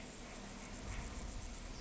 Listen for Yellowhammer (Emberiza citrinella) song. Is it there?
no